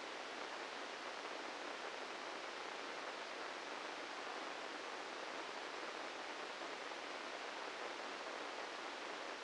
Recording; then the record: brain microelectrode recording played as sound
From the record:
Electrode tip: inside the subthalamic nucleus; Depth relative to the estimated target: -4 mm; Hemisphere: right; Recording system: NeuroSet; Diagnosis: Parkinson's disease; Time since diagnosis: 13 years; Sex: male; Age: 65 years